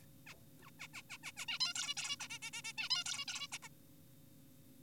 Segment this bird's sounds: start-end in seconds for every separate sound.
0.27-0.35, 0.63-0.70, 0.80-0.88, 0.94-1.02, 1.10-1.18, 1.24-1.32, 1.37-1.46, 1.48-1.59, 1.60-1.73, 1.76-1.94, 1.97-2.16, 2.20-2.28, 2.30-2.39, 2.42-2.51, 2.53-2.62, 2.64-2.73, 2.78-2.89, 2.90-3.04, 3.06-3.25, 3.28-3.48, 3.52-3.58, 3.63-3.69